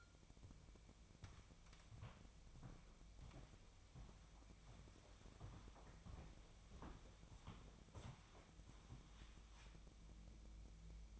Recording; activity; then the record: daily activity, microphone in the room; walk to room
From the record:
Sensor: 1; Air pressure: 1000.0 hPa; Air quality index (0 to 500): 130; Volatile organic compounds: 2 ppm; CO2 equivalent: 1240 ppm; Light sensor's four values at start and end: 36/89/37/46 and 34/86/36/44